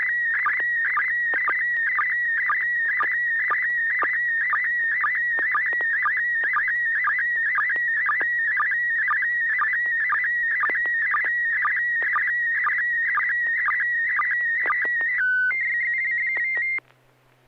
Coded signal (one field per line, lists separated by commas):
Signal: SSTV (slow-scan television)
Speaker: if you're ready to do some slow scan tonight will say get ready to transmit i'll just go down the uh the list starting with enders